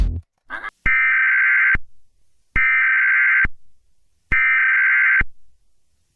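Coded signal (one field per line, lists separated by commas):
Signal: Emergency Alert System (SAME) tones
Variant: header bursts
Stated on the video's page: Fictional EAS scenario.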